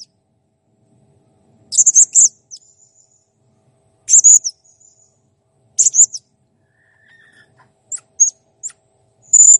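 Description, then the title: Blue-crowned hanging parrot giving bursts of shrill, very high buzzy squeaks roughly every two seconds, then scattered thin chips and a brief faint lower note. Clear, lively song used to tutor cage songbirds. "Masteran Burung Serindit Ll Masteran Serindit Gacor Jernih"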